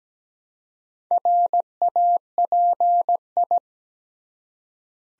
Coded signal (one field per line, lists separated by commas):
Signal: Morse code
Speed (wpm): 17 wpm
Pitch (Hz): 700 Hz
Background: none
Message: RAPI